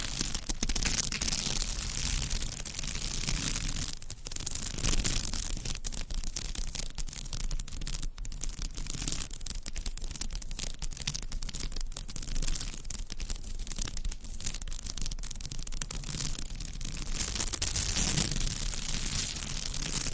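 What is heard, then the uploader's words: Continuous scratching and tracing across a surface, a dense, gritty rasp that holds a fairly even level for the full twenty seconds. Strokes swell and fade irregularly, with a few sharper, brief catches around four, eight and eighteen seconds, over a low steady rumble. ASMR Surface Scratching - Tapping - Tracing.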